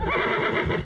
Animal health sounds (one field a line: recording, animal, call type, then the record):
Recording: contact call of a hoofed animal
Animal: horse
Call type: whinny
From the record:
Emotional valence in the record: positive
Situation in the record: reunion with the whole group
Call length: 0.85 s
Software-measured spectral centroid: 1440 Hz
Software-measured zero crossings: 2090 a second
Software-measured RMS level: -24 dBFS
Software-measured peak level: -13 dBFS